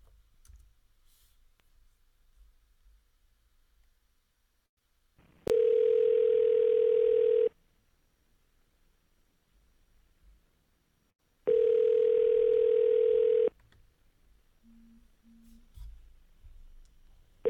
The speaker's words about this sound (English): Call this number to hear a couple of seconds of music and some ringing.